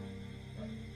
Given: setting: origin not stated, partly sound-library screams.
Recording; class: one-second piece from a danger detection set; normal situation